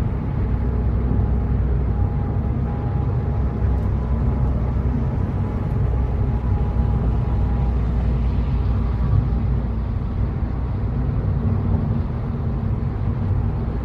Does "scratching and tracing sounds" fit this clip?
no